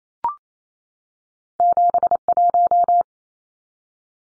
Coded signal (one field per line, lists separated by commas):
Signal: Morse code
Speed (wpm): 28 wpm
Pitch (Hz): 700 Hz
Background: none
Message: 71